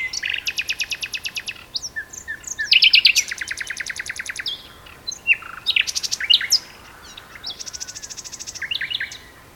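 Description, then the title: Common nightingale song: loud rattling runs of rapid pulses, brief piping notes, then a quieter stretch of soft repeated trill at the end. Two birds singing a duet on Westleton Heath. "sanderson. nightingale duet on westleton heath"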